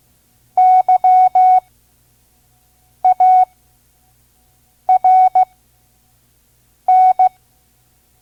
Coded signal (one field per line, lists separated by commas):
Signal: Morse code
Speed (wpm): 16 wpm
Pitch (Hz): 740 Hz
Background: none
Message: YARN